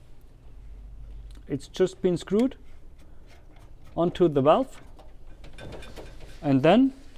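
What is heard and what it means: A plastic thermal actuator for an underfloor heating manifold is handled near the connector that has been screwed onto the manifold valve, ready to be pushed on until it clicks. Someone talks over faint handling noise with a couple of tiny ticks near 1.3 s. Nothing has seated or clicked yet.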